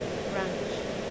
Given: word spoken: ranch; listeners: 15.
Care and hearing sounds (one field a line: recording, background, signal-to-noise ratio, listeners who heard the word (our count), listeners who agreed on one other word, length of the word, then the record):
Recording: one English word in noise, from a listening test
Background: speech-shaped noise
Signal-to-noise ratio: -5.2 dB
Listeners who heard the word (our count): 3 of 15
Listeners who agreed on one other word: 10 of 15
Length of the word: 0.70 s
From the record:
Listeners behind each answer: 10, 3, 1, 1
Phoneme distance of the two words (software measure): 7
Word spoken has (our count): 1 syllable, 4 phonemes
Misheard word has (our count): 1 syllable, 5 phonemes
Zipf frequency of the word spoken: 3.32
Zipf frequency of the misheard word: 4.10